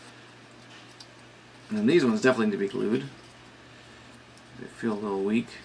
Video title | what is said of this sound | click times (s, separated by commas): Descent Legends of the Dark Assembly Prt 2 | well not the same spot but there's grooves that they slide into and then they're going to slide enough to pop into place | 1.0 s